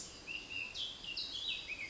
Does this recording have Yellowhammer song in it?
no